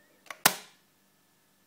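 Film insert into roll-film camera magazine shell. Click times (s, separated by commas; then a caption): 0.5 s. The loaded metal film insert of a Hasselblad medium-format roll-film magazine is pushed back into the magazine shell. Two faint clicks come near 0.3 s, then a sharp metallic snap at 0.5 s as the insert latches and seats, ringing briefly before going quiet.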